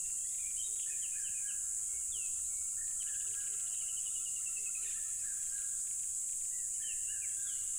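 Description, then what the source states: High continuous cricket buzzing fills the background as birds give descending whistles and a fast rattling trill in the middle. Loud crickets at a tropical river.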